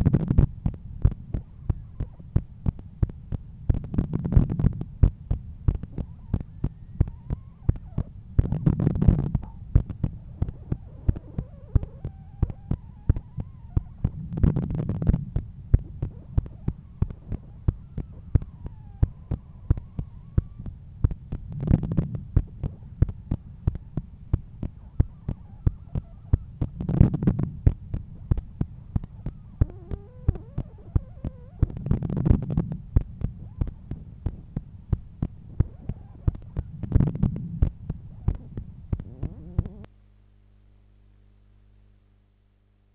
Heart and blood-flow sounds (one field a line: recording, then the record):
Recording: heart sounds by stethoscope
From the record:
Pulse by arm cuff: 90 bpm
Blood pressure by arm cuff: 131/86 mmHg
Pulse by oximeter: 91 bpm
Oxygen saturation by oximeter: 95%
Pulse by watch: 91 bpm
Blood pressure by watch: 127/81 mmHg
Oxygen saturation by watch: 97%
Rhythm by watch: sinus rhythm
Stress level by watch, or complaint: low stress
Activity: after 5 min smoking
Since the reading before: plus 1000 steps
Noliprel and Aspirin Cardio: after pills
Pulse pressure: 45 mmHg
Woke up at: 7:20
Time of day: 9:22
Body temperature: 36.4 C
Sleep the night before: 8 h 11 min, score 61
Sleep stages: REM 22%, light 68%, deep 3%, awake 7%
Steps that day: 9500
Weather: sunny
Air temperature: 18.9 C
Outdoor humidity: 80%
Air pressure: 1015 hPa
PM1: 10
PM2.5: 14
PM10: 15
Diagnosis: hypertension, treated with Noliprel and Aspirin Cardio 100 mg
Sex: male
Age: 53 years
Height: 174 cm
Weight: 81 kg